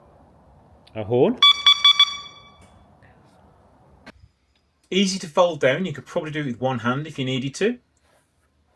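A KUKIRIN G4 electric scooter's folding stem latch is handled as the stem is folded down. Someone talks briefly, then a few short, bright horn beeps sound between about 1.4 and 2.1 seconds, followed by a quiet pause and more talking. Nothing has seated or clicked into place yet.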